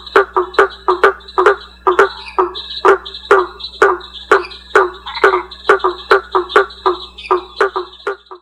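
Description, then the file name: Blacksmith tree frogs knocking in quick, overlapping metallic taps, more than two per second, over a thin high buzzing drone and a low constant hum. "Boana faber"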